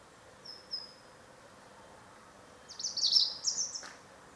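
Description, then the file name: European robin with a thin, high, drawn-out whistle, then after a pause a louder brief burst of high trilled notes. "Erithacus rubecula"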